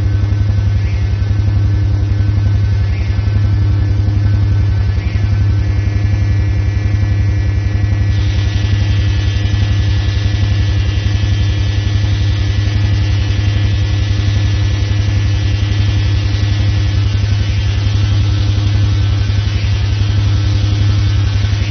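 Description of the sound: Steady low rumbling hum with a faint tone above, a simulation of low-pitched tinnitus.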